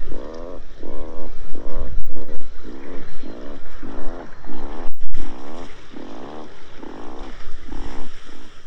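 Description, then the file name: Atlantic puffin calls as a rapid series of low, throaty, pulsed groans repeated over and over, with wind buffeting and a low rumble throughout. "lunda hangja"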